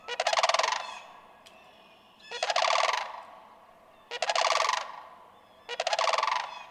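Sandhill crane giving loud rolling, rattling calls, each about a second long and repeated roughly every two seconds.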